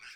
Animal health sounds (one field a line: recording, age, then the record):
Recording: pig call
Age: piglet (1 to 25 days)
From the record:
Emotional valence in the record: positive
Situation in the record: short reunion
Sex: female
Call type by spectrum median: high-frequency call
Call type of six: low-frequency tonal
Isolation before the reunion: 3 minutes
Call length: 0.16 s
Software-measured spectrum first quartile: 1987 Hz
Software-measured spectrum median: 2727 Hz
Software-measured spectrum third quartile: 4585 Hz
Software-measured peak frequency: 1497 Hz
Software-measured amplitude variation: 59 dB a second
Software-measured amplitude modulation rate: 15.6 a second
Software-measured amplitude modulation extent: 3.8 dB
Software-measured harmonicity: 0.5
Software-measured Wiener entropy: -1.94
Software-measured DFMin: 771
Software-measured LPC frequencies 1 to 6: 1501, 2431, 5081, 5697, 7597, 8798 Hz